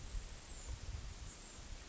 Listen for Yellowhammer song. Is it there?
no